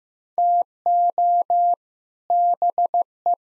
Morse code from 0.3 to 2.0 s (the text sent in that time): TO